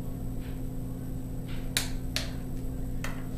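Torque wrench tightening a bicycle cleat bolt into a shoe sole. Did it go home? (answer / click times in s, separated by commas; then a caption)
yes / 1.8 s. A torque wrench tightens a cleat bolt into the sole of a bicycle shoe, with a steady low hum underneath. The wrench gives a sharp click at 1.8 s as the cleat settles in at its torque setting, followed by another short hit at 2.2 s and a fainter one at 3.0 s.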